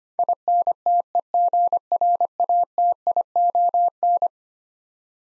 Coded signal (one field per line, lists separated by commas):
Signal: Morse code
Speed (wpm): 25 wpm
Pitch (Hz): 700 Hz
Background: none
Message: INTEGRATION